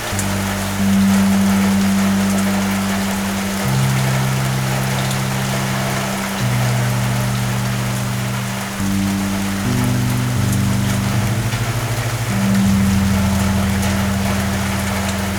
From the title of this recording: Heavy Rain on the Awning